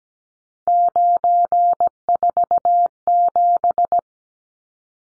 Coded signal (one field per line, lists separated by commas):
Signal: Morse code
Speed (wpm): 17 wpm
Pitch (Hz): 700 Hz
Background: none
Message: 947